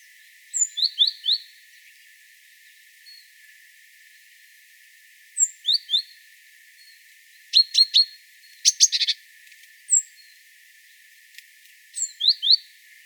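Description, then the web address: Great tit calls: whistled notes in twos and threes, mixed with short buzzy rattling bursts, coming in clusters every few seconds. "SETE data Parus major"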